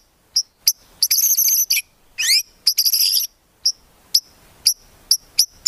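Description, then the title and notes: White-rumped shama song: spaced sharp high chips mixed with short buzzy high trills and a quick rising slur, fairly thin and fragmented. Long-duration song used as a lure for trapping. "Pikat Murai Batu Durasi Panjang. Burung Murai Batu"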